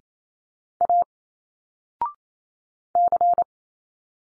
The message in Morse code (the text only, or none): A C